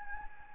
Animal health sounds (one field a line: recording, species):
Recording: mosquito wingbeat signal from an infrared sensor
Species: Anopheles gambiae